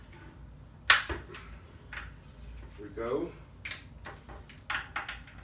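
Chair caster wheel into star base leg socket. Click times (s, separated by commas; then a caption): 0.9 s. A caster wheel stem is pushed into the socket of a leg on a plastic gaming-chair star base and snaps in with a sharp, loud click at 0.9 s, seating the wheel. Someone talks, and a few quieter knocks and clicks follow later in the clip.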